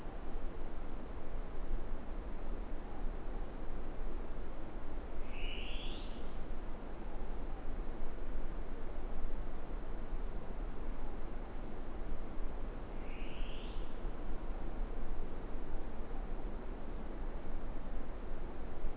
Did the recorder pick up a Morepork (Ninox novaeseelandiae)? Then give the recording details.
yes. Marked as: faintness 5/5. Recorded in New Zealand. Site Eglinton